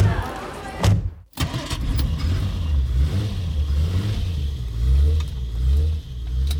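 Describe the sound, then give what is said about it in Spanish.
A car engine growls and revs steadily, its low droning pitch rising and falling as it accelerates, after a brief thump and a short moment of near silence at the start. “Vamos, acelere.”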